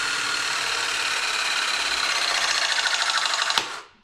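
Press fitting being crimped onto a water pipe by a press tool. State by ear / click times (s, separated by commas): seated / 3.6 s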